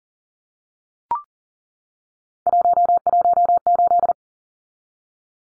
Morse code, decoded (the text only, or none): 118